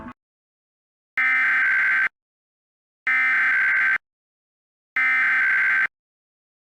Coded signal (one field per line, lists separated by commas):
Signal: Emergency Alert System (SAME) tones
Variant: header bursts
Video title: EAS Mock Monday S1 Ep4: What if KDKA did this for the RMT?